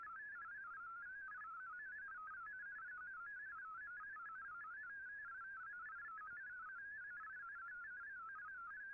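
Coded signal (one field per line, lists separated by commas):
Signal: multi-tone FSK (Olivia or MFSK type)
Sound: rapid warbling melody of single stepping tones, continuous for the whole clip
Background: radio static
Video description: Here is my decode of the Shortwave Radiogram broadcast today on 15770Khz shortwave radio at 1300UTC in MFSK32 and 64 with 10 SSTV images.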